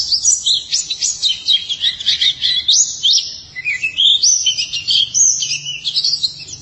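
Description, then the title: White-eye song: a continuous run of high, rapid twittering notes, thin slurred whistles rising and falling without a break. "Kicauan Burung Pleci"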